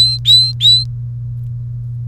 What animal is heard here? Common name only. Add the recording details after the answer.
Domestic Canary. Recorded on 30 April 2018 at 15:36. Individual llb3